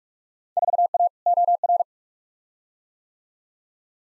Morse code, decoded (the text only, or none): 4A OR